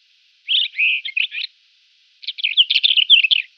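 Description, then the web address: White-crowned wheatear singing two rapid, varied phrases of chattering notes and slurred whistles, separated by a brief pause. "Schulze Peter White-crowned Wheatear song"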